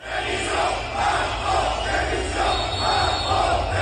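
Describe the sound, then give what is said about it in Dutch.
A large crowd of farmers protesting government policy shouts and yells continuously at a large national agricultural fair in Paris visited by President Macron, demanding he resign; a loud, dense wall of angry voices rising in repeated surges, with a steady low rumble underneath. “Boeren protesteerden daartegen het overheidsbeleid en het ging er hard aan toe.”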